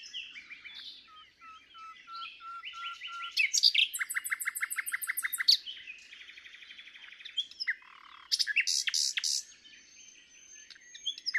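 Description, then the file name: Common nightingale song: a varied run of phrases with a series of low piping notes, dense rapid rattling trills and sharp repeated chirps, separated by brief pauses. "Luscinia megarhynchos"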